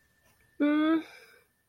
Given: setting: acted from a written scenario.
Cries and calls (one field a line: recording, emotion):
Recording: vocal sound without words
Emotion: guilt